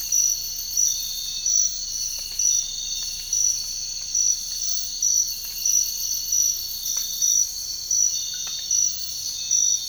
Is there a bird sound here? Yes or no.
no